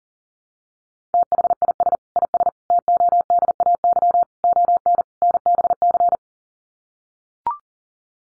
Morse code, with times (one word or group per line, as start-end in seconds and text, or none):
1.1-2.0 THIS
2.2-2.5 IS
2.7-4.2 TODAY
4.4-5.0 ON
5.2-6.2 NBC